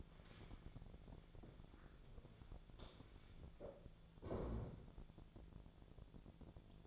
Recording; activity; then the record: daily activity, microphone in the room; stand up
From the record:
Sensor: 5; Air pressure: 1000.6 hPa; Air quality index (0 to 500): 149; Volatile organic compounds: 2 ppm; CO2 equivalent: 1153 ppm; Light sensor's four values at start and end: 51/119/50/53 and 52/121/51/54